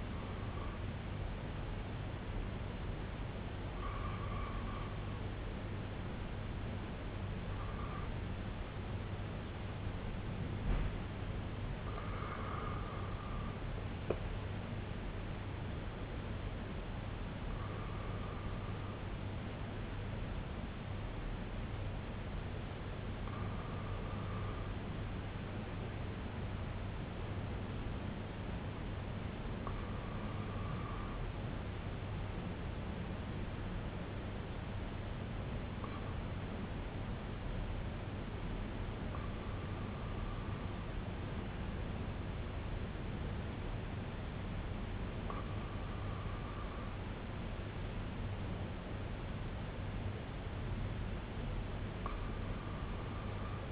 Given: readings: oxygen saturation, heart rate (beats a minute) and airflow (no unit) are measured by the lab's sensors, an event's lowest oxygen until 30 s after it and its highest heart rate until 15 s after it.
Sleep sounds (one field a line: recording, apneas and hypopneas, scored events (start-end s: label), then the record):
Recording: breathing in sleep by a voice recorder at the bedside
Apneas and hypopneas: none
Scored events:
none scored
From the record:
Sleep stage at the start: N1 (lightest sleep)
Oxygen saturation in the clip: 93 to 95%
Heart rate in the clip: 60 to 76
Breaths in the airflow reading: 10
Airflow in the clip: -6.6 to 3.8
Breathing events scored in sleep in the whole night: 258 in 7.4 hours asleep